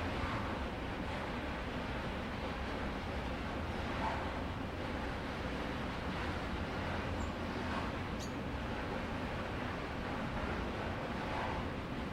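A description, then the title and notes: A steam-powered engine rumbles steadily, a thick, dense roar with heavy low-end weight and a hissing upper layer. The level barely changes throughout, with faint swells every few seconds and a brief bright squeak just after the eight-second mark. The rhythmic chugging of old-fashioned locomotives and the resonant echoes of steam-powered engines. Old-Fashioned Locomotive Ambiance.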